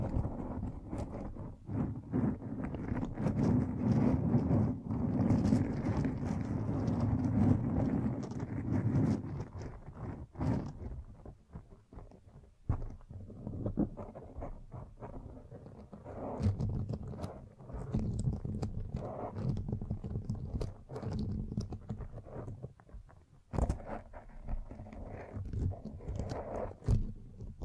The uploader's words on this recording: BRAIN TINGLES ASMR Mic Brushing and Scratching (No Talking).